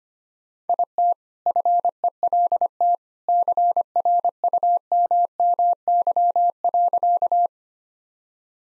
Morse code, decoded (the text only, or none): IT FELT CRUMMY.